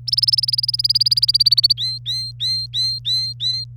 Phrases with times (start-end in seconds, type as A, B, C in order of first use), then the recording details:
0.08-1.73 A, 1.77-3.64 B. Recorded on 27 April 2018 at 06:43. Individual llb3